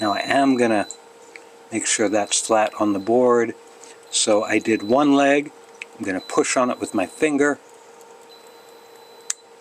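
A photoresistor light sensor with one leg soldered is pressed down with a finger so it sits flat on a printed circuit board from an RGB LED ball kit. Someone talks through most of the clip, then after a quiet pause a short, sharp click is heard at 9.3 s as the sensor settles completely flat onto the board.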